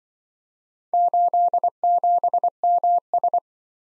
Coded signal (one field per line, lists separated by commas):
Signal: Morse code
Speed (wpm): 23 wpm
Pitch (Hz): 700 Hz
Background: none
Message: 87MS